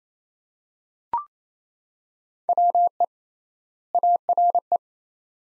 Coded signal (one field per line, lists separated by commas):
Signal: Morse code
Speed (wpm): 28 wpm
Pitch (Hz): 700 Hz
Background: none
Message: WE ARE